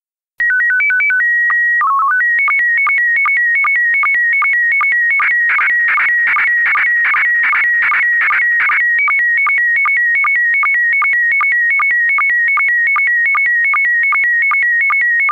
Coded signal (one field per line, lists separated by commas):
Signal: SSTV (slow-scan television)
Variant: PD 50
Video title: SSTV voorbeeld 5